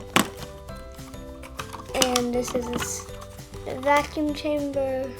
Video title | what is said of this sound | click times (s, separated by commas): My Roomba Collection Part 2 | and just snaps back in. | 0.2 s